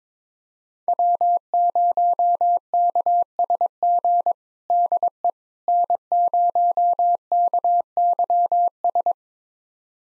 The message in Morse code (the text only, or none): W0KSG DE N0KYS